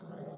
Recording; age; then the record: pig call; piglet (1 to 25 days)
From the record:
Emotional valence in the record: negative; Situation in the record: long isolation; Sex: male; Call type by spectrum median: low-frequency call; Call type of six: low-frequency modulated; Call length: 0.38 s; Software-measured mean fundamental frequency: 52 Hz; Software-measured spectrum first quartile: 188 Hz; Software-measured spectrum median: 375 Hz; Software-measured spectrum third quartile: 617 Hz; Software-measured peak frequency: 178 Hz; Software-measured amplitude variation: 157 dB a second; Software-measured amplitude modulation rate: 22.1 a second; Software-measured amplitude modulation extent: 7.1 dB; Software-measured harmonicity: 2.6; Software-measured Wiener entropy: 0.11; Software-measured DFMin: 1031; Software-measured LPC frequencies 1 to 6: 560, 3348, 3754, 5050, 5644, 6414 Hz